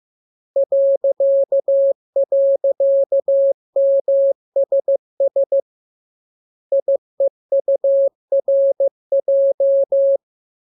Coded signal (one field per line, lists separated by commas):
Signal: Morse code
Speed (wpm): 15 wpm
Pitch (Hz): 550 Hz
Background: none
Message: ..MSS IEURJ